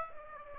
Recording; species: mosquito wingbeat signal from an infrared sensor; Aedes aegypti